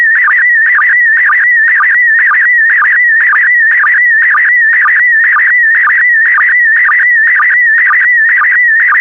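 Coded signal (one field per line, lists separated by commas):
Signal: SSTV (slow-scan television)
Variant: PD120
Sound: warbling electronic tone sweeping up and down, with a short low blip twice a second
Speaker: the next image transmission will start in 10 seconds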